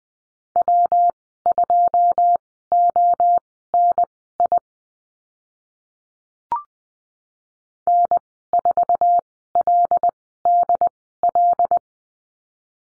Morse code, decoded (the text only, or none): W2ONI N4LDL